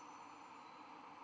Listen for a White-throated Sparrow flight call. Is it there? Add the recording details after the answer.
no. No flight call is heard. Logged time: 06:19 on 1 December 2014